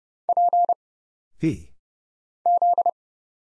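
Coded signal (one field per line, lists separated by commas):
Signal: Morse code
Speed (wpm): 30 wpm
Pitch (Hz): 700 Hz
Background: none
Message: P Z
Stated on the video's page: Morse practice drill at 30wpm: single letters, numbers, punctuation and prosigns for instant character recognition, each sent, spoken, then sent again.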